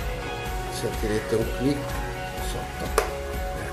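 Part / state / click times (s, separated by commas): filter into vacuum cleaner body / seated / 3.0 s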